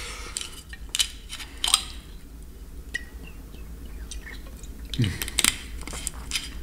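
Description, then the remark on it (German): Someone takes a few quiet sips of water, with soft wet mouth sounds and gulps in short bursts separated by pauses, over a low steady background hum. “So, jetzt muss ich erstmal nochmal einen Schluck Wasser trinken.”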